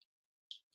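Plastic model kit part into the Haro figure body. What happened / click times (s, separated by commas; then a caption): The plastic part clipped into place / 0.5 s. A plastic model kit part is angled in an arc and pushed home into the body of a plastic Haro figure. After a faint tick at the start, a sharp, bright click at 0.5 s marks the part seating in place, followed by a softer rustle near the end.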